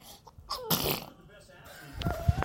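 An adult sneezes once.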